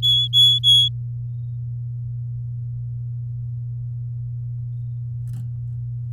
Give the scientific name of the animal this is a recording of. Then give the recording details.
Serinus canaria. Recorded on 8 May 2018 at 10:09. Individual llb16